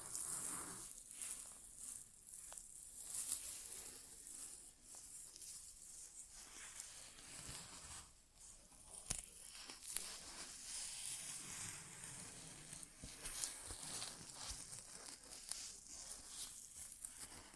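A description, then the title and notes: Soft scratching and rustling of an inner ear exam, with no talking. Hissy, bright friction sounds rise and fall continuously, broken by occasional sharp clicks or taps, notably near 9 and 10 seconds, with a faint low rumble underneath throughout. ASMR Inner Ear Exam (No Talking).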